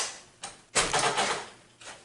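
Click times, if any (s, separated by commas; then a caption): none. An optical drive is pushed by hand into a tool-less 5.25-inch drive bay of a Corsair Graphite Series 780T PC case. A short knock at 0.4 s is followed by a louder, broadband sliding scrape from about 0.75 to 1.5 s and a faint bump near 1.8 s. The drive is still being handled and has not seated or clicked yet.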